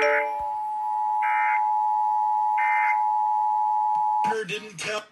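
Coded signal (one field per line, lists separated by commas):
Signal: Emergency Alert System (SAME) tones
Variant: 853 and 960 Hz attention tone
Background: speech, music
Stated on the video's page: Required Monthly Test relayed by Seattle-area FM, HD, TV and AM stations.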